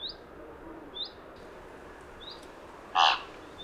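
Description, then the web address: Thick-billed raven giving one short, rough call near the end, while another bird repeats thin rising chirps about once a second throughout. "Thick billed raven. دانلود-صدای-پرنده-غراب-نوک-کلفت"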